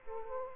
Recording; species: mosquito wingbeat signal from an infrared sensor; Aedes aegypti